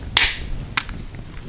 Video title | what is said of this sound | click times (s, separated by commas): Yakima Baseline & JetStream Roof Rack Installation | and you push it until you hear it snap twice | 0.2 s, 0.8 s